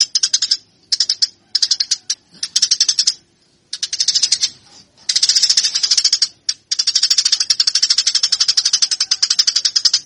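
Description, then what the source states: Eurasian tree sparrow calling in short scratchy bursts at first, then settling into a longer, nearly continuous run of fast high chirps. Fighting calls.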